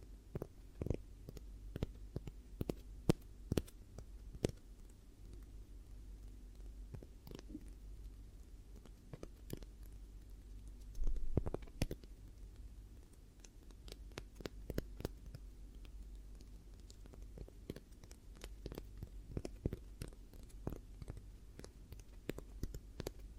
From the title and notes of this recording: ASMR 10 Hypnotic Triggers Around Your Head and Ears (No Talking).